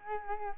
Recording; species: mosquito wingbeat signal from an infrared sensor; Culex quinquefasciatus